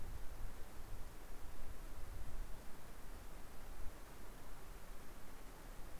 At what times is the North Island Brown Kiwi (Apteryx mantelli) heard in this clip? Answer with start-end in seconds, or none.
none